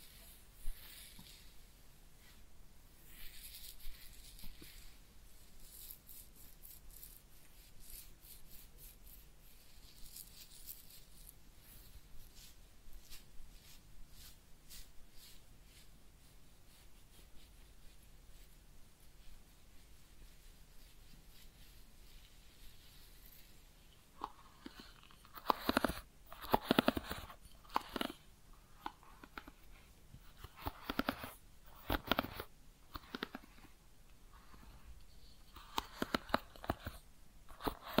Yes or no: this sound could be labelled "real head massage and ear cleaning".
yes